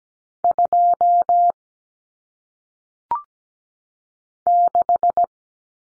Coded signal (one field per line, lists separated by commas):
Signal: Morse code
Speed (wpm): 17 wpm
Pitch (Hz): 700 Hz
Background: none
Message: 2 6